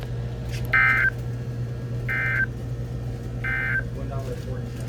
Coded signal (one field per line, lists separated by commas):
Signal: Emergency Alert System (SAME) tones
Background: speech